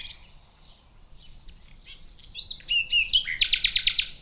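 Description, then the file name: Common nightingale song: quiet scattered notes building into whistled slurs and a quick pulsing trill of repeated notes. "Luscinia megarhynchos"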